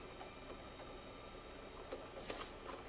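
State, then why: Not seated. A plastic mid support bracket is picked up and positioned over a Tesla K80 GPU in a Dell PowerEdge R720 server chassis, ready to be pushed down. Only soft handling noise is heard, with faint light ticks and a sharper tap around 1.9 s. The bracket has not seated or clicked yet.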